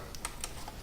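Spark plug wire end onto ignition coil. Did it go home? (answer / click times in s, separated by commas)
yes / 0.2 s, 0.4 s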